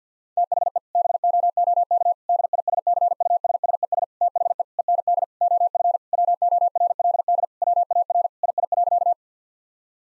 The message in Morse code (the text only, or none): THE BOOK DISCUSSES THE END OF WORLD WAR II.